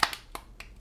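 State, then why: Released. Pressing the sliding plastic tab under an action figure's swivel chair releases the plastic restraint cuffs holding the figure's arms and legs, opening with a sharp click at 0.0 s. Fainter short clicks follow at about 0.1, 0.4 and 0.6 s, and the cuffs are released.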